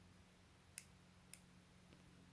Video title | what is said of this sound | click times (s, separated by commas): Live Video Footage Anoopsyche Dual Dashcam Taxi Uber Lyft Share Ride + Full HD Review! | So you got to push all the way in order to lock it. | 0.8 s, 1.3 s